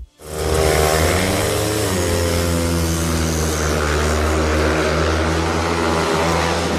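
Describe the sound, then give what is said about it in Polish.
Speedway motorcycle engines roar in a loud, continuous drone, layered harmonics holding steady with a slight pitch dip early on, filling the whole stretch with no voices. “Kto nie tęsknił za tym odgłosem? Ręka do góry. Kibice Speedwaya, tego na najwyższym ligowym poziomie, zacierają ręce.”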